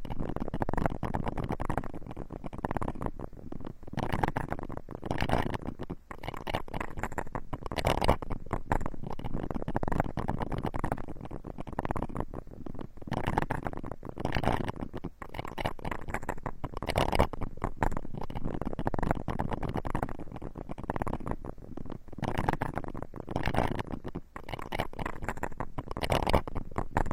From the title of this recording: Tree Ear Picking Supreme Spa Ear Massage